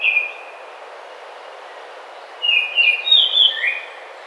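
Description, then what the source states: Baltimore oriole giving a clear whistled note, then after a gap a short phrase of fluty, slurred whistles, with constant low hiss behind. Recorded on 27 May 2009.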